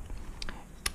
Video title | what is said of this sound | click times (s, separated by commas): How to select SAS cables | and as you just probably heard when it goes in it usually makes a clicking sound because that's when the spring latch okay | 0.9 s